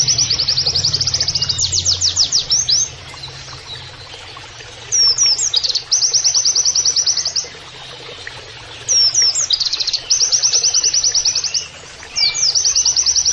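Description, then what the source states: White-eye pouring out rapid, high trilled phrases in repeated bursts of a few seconds, with brief twisting notes linking them. Persistently singing (gacor) white-eye (pleci) with canary-like phrases (nembak kenarian), used as masteran training audio.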